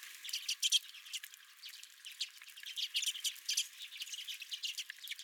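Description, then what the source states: Redpolls chattering, scattered buzzy notes and short trills from a small flock, calling on and off. Redpolls at the recordist's feeder.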